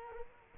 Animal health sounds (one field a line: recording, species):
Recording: mosquito wingbeat signal from an infrared sensor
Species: Culex quinquefasciatus